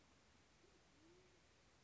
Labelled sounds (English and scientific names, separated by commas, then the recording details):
Band-tailed Pigeon (Patagioenas fasciata)
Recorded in Sonoma County, California